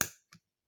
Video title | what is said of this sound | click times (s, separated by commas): Vid 351 SirToys KO X-Buddies Shady-Z | into place there so they won't wiggle but for some reason that one wasn't click into place straighten | 0.0 s